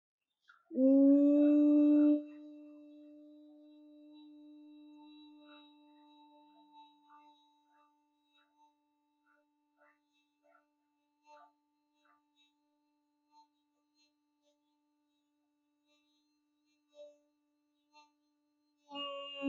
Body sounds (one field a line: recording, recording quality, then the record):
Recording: sustained vowel as in boot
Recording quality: excellent, no background noise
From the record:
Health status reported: healthy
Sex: female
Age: 28 years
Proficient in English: yes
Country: India